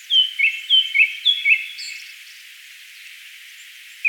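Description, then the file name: Japanese thrush song: one quick phrase of about six clear whistled notes, then quiet until a single note at the end. "Turdus cardis"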